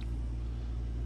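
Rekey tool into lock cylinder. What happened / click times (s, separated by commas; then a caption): The tool is being handled in the lock cylinder but has not clicked into place yet / none. With the key turned to the three o'clock position, a metal Kwikset rekey tool is being pushed into the slot of a Kwikset SmartKey lock cylinder, heading for its reset position. A steady low rumble fills the clip, with one faint, brief tick near 0.0 s. Nothing has clicked or seated yet.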